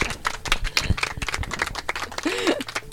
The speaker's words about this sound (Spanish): Muy bien, y con este aplauso nos vamos al próximo tema musical.